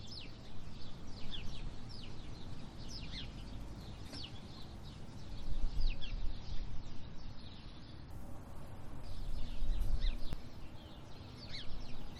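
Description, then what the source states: Sparrow chirps pour out densely and irregularly, quick downslurred notes for the whole stretch, while gusting wind rumbles low and swells twice. Sparrows calling in windy conditions.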